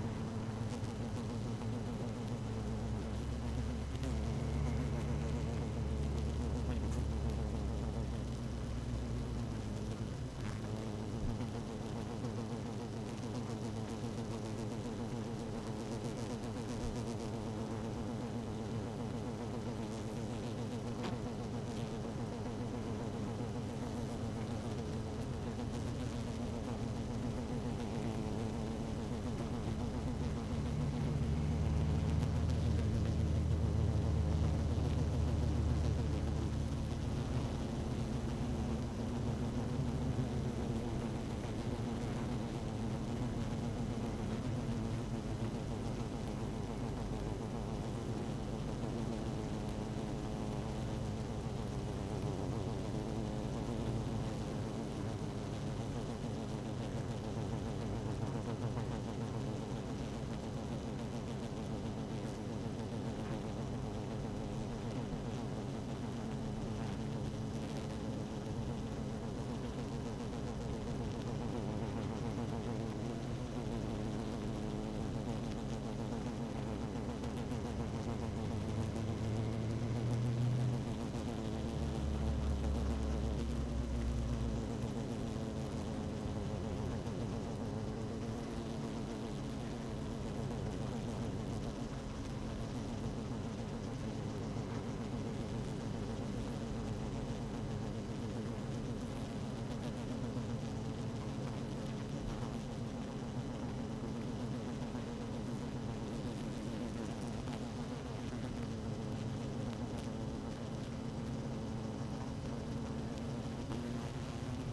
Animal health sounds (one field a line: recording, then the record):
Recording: honeybee colony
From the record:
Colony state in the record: active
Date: 12 June 2018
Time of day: 17:20